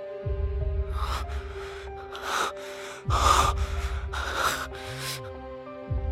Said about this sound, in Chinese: 张嘴想说什么，却只是愈发急促的喘息。